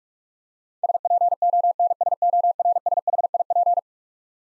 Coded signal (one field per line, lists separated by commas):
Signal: Morse code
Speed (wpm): 46 wpm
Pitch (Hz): 700 Hz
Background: none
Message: SPONSORSHIP